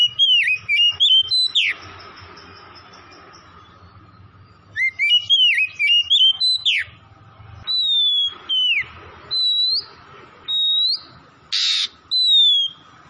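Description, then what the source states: Oriental magpie-robin song: loud, clear whistled phrases, rapid bursts of slurred rising and falling notes, then single drawn-out whistles repeated about once a second, with a steady background hum. Kacer from Tretes, singing vigorously (gacor).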